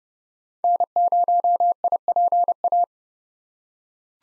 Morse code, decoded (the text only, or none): N0IPA